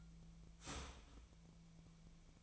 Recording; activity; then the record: daily activity, microphone in the room; start toaster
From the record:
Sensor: 1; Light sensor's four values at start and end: 27/70/29/35 and 27/70/29/35